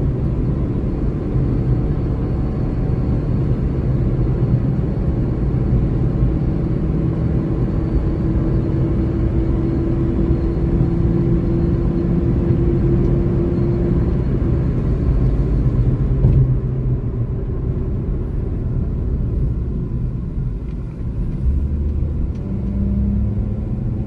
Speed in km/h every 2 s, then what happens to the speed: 113, 117, 120, 124, 127, 130, 133, 110, 74, 43, 41, 51.
0-12 speeds up to 133. 12-20 brakes to 41. 20-24 speeds up to 51.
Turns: none.